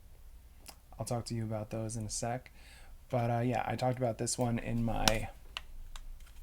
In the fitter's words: it didn't snap that was sad